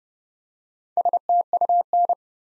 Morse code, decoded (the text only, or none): STUN